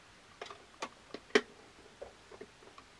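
A power adapter's cable end is plugged into the power jack of a security alarm gateway, and it is pushed in until it is all the way in. A few soft ticks and taps lead up to a sharp, bright snap at 1.3 s, after which the plug is seated. A few faint ticks follow.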